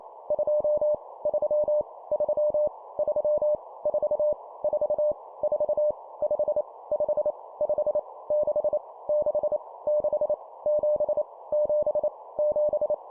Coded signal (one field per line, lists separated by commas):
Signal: Morse code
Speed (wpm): 28 wpm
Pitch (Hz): 600 Hz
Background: none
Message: 2 3 3 3 4 4 4 5 5 5 6 6 6 7 7 7